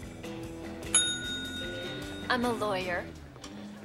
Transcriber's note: soundbite of bell